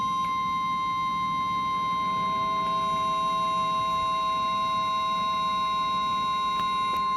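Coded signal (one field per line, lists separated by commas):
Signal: Emergency Alert System (SAME) tones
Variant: 1050 Hz attention tone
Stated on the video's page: Mock Emergency Alert System broadcast.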